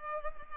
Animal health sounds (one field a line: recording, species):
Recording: mosquito wingbeat signal from an infrared sensor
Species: Culex pipiens